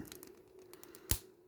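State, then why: Seated. A plastic visor is pushed down onto the head of a Mattel Masters of the Universe Masterverse New Eternia Tri-Klops action figure, with faint ticking and scraping as it slides over. A single loud, sharp snap at 1.1 s marks the visor seating into place.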